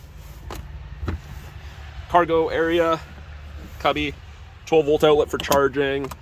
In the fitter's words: These side pieces pop off so that you can fit the cargo cover and then put them back, and they just click into place.